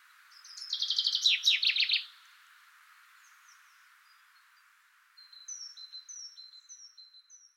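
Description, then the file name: Common chaffinch song, one rapid descending trill of bright notes lasting about one and a half seconds, then quiet, followed by thin repeated whistles. "Fringilla coelebs"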